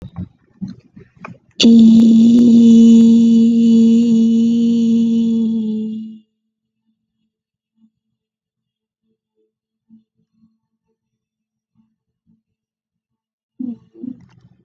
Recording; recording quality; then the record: sustained vowel as in beet; excellent, no background noise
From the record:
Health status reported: COVID-19 positive, mild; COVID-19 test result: positive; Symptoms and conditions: fatigue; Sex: female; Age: 24 years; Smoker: not ticked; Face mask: not worn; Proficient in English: yes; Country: India